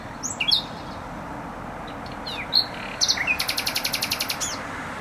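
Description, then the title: Nightingale song: a few whistled and piping notes, then a rapid, even trill of repeated notes, over steady traffic noise. Singing in bushes close to a noisy motorway, Trasa Toruńska, Bródno-Podgrodzie, Warsaw, Poland; recorded on an Olympus LS-11. "Bródno-Podgrodzie, Warszawa, Polska - Trasa Toruńska Nightingale"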